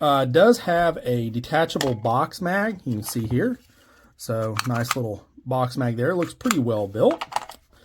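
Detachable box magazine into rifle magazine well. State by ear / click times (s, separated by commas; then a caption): not seated / none. Someone talks while handling the detachable box magazine of a CZ 600 Alpha bolt-action rifle in 6.5 PRC, with a brief faint tap near 7.5 s. The magazine has not yet been reinserted into the rifle's magazine well, so nothing has seated or clicked yet.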